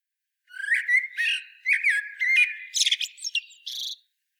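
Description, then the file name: Common blackbird delivering a rapid, varied string of warbled and squeaky notes ending in higher, scratchy twitters. "Turdus merula"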